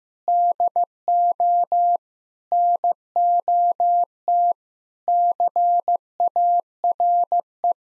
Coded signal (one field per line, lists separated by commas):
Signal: Morse code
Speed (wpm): 15 wpm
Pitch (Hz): 700 Hz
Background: none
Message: DO NOT CARE